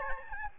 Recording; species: mosquito wingbeat signal from an infrared sensor; Aedes albopictus